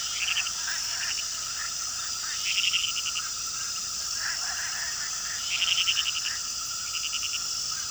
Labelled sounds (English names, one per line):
none